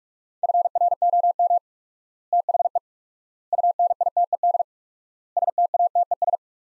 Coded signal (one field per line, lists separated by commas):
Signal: Morse code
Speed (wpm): 41 wpm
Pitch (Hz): 700 Hz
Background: none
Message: FROM THE UNITED STATES